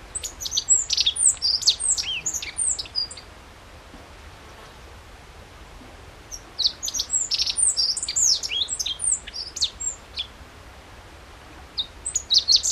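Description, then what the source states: Godlewski's bunting song: a three-second burst of high, sharp, down-slurred notes, a long silent gap, then another lively burst and a final brief snatch. Recorded 14 June 2012.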